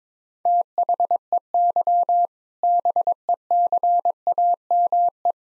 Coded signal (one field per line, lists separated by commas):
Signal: Morse code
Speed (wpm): 22 wpm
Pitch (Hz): 700 Hz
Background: none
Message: THEY BECAME